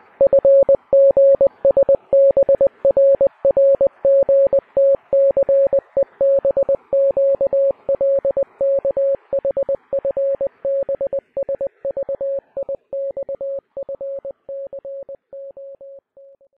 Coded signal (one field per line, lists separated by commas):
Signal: Morse code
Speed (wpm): 20 wpm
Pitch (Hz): 550 Hz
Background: music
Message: FGSBRRGTCEBQLKHFBSVIXFCM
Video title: Using the Enigma cipher machine - Key setup, encrypting a secret text, creating a message header